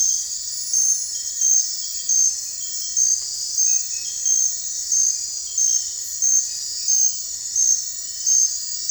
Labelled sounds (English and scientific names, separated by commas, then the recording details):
none
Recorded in dense forest near Puerto Asís, Putumayo, Colombia, on 26 December 2024 at 02:30
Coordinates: 0.468, -76.322
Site G071